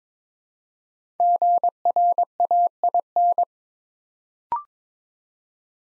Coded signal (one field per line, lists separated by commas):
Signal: Morse code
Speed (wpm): 22 wpm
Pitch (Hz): 700 Hz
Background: none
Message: GRAIN